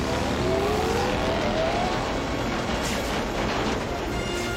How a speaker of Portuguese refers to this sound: Eu não estou ouvindo. Espera, deixa eu desligar o motor.